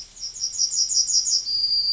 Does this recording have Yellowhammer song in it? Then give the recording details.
yes. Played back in forest. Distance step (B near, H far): C. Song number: 049